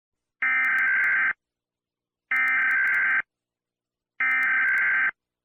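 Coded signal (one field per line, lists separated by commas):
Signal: Emergency Alert System (SAME) tones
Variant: header bursts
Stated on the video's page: Fictional EAS tornado warning and watch.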